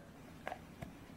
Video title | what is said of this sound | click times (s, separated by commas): Choosing a Survival Knife | with this one you hear that it's just a little snap there's like a little point there where it catches | 0.5 s